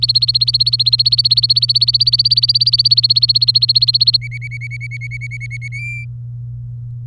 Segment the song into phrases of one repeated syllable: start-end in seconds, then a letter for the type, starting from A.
0.00-4.17 A, 4.22-5.68 B, 5.72-6.05 C